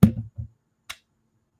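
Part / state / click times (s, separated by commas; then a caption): printed kickstand into 3D printed enclosure / seated / 0.0 s. A fold-out kickstand on a 3D printed case for the MagTag is pressed shut, and a small nub catches under a lip, snapping in at 0.0 s. A sharp, bassy snap is followed by a softer knock around 0.4 s and another short, crisp click at 0.9 s. The kickstand seats and stays in.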